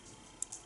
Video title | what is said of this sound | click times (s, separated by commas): Reolink RLC 410W | hear the click how it goes in | 0.4 s